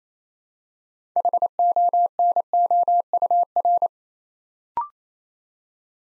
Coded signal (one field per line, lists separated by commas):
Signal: Morse code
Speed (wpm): 27 wpm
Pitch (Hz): 700 Hz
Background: none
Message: HONOUR